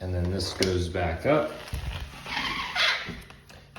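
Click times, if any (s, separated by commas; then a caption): 3.8 s. A tilted vinyl window sash is pushed back up into its window frame jamb while someone talks. It snaps into place with a sharp click at 3.8 seconds and is seated.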